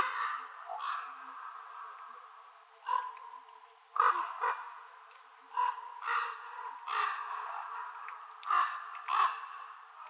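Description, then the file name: Common ravens call with rough, gravelly croaks, single and paired, repeated irregularly every second or two over a faint steady background hum. Recorded in the Schorfheide, apparently on 7 November 2015. "Kolkraben und Bussard Schorfheide"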